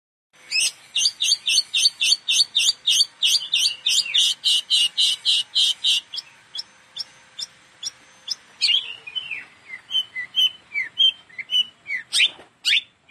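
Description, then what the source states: Long-tailed shrike delivering a rapid run of sharp, high notes several per second, then softer, varied chirps and slurs with pauses between them. Combination song.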